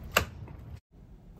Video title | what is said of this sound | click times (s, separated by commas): Ape Ryder Bonobo E-bike Assembly | then put your battery on push it forward until it snaps | 0.2 s